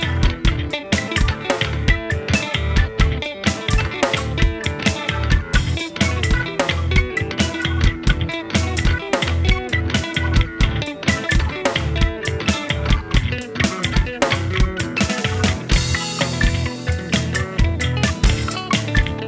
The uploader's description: Tapping and Funk finger